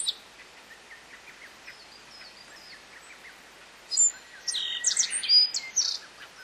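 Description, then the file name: Bunting song: faint high chirps at first, then a loud burst of sharp, high, clipped notes in quick succession over a hissy background. "black bunting"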